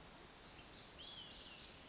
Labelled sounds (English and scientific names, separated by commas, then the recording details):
Olive-sided Flycatcher (Contopus cooperi)
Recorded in Sonoma County, California